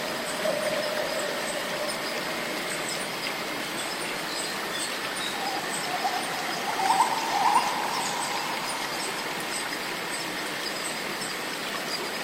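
Walking through a swampy rainforest, a dense, steady hiss of insects fills the whole clip, with a bright buzzing band high up and a faint drone lower down. Around seven to eight seconds a brief squelchy, rising sound stands out, like a step through wet ground.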